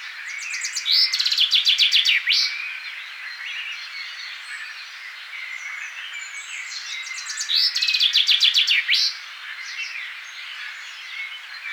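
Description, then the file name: Common chaffinch song: two bright phrases about six seconds apart, each a rapid run of repeated notes falling in steps to a short flourish, over soft birdsong. "Fringilla coelebs"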